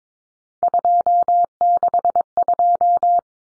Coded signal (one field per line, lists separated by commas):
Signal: Morse code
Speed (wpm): 22 wpm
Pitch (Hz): 700 Hz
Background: none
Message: 262